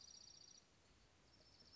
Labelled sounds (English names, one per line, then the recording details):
Dark-eyed Junco
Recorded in Sonoma County, California